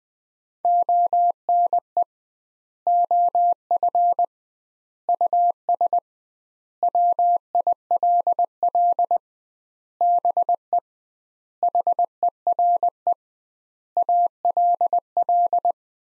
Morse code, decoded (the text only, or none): ONE OF US WILL BE HERE ALL